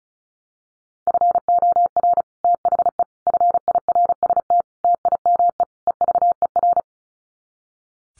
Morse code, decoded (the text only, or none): FOR THE FIRST TIME EVER